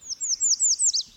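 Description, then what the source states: American Redstart song: five high, thin downslurred notes in quick series, then a lower closing note. Breeds in lush mountain habitat in Great Smoky Mountains National Park.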